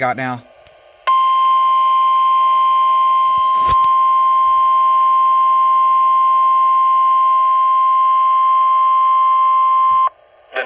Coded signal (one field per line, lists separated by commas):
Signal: Emergency Alert System (SAME) tones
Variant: 1050 Hz attention tone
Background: speech